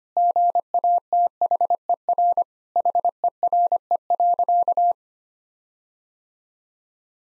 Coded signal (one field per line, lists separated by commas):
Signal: Morse code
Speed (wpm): 25 wpm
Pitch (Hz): 700 Hz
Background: none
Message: GATHER HERE.